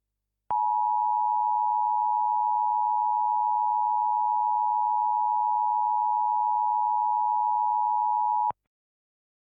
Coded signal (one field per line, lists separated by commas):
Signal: Emergency Alert System (SAME) tones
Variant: 853 and 960 Hz attention tone